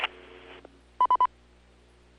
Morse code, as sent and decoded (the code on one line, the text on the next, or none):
none